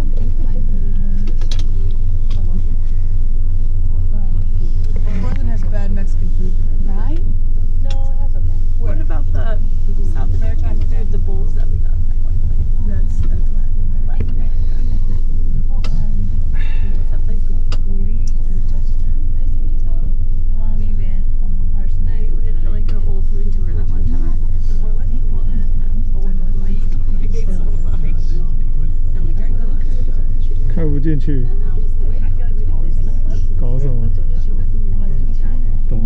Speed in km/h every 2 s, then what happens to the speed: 5, 5, 4, 4, 4, 4, 5, 5, 5, 5, 5, 5, 4, 3, 3, 4, 4, 4.
0-36 steady at about 4.